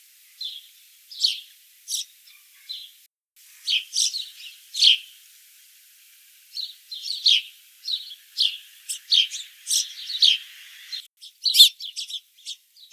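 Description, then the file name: House sparrow giving a busy series of sharp chirps, irregular and sometimes clustered, with a pause partway through. "Passer domesticus"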